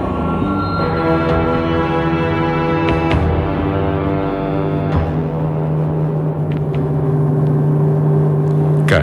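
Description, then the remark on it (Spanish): A car drives back and forth around a city with a loud, steady engine drone and a layered harmonic hum, broken by a few brief knocks and clicks. No one speaks. “En su coche, deambulando de un lado a otro de la ciudad, sigue intentando dejar al muerto en alguna parte.”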